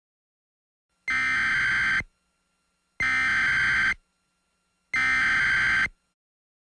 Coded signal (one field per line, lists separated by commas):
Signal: Emergency Alert System (SAME) tones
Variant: header bursts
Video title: EAS mock: the explosion at a high school